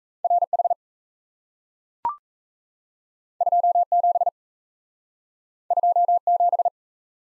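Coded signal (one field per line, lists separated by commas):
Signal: Morse code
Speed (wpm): 38 wpm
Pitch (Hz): 700 Hz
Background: none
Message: R H 2 7 2 7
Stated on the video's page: Speed-Racing Morse practice of two letter-number combinations, starting at 1.5 times the 28 wpm base speed, slowing down, with a final repeat at maximum speed.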